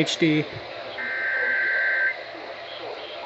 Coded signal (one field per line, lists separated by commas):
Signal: Emergency Alert System (SAME) tones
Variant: header bursts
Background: speech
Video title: No End In Sight... | EAS #3417-3812 (Severe Weather Alerts from 5/26-27/2022)